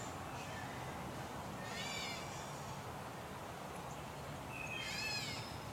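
Blue jay fledglings making two raspy, layered squeals about three seconds apart, against constant low rumble.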